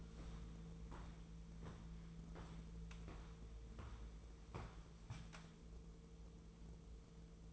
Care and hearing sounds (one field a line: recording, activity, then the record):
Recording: daily activity, microphone in the room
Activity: walk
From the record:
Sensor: 1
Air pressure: 1005.5 hPa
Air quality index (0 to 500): 122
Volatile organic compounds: 5 ppm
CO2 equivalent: 1712 ppm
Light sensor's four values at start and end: 11/27/11/12 and 11/25/10/11